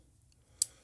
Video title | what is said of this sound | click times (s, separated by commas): Testing Leaf's New Two Blade Razor - Better Results? | But to close it back up, it just snaps in place and then it pivots. | 0.6 s